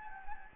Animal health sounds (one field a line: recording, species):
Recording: mosquito wingbeat signal from an infrared sensor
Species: Anopheles gambiae